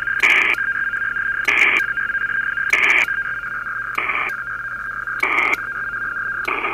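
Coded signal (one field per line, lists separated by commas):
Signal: HF data modem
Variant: PACTOR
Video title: Pactor is a pain in the rear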